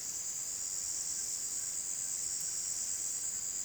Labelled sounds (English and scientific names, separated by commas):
none